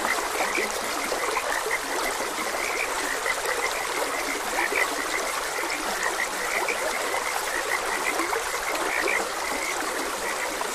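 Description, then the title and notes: Frog croaks, a run of short chirping notes over steady running water. Frogs croaking beside a gentle stream. "Gentle Stream and Frogs Croaking. Sleep and Relaxation Podcast"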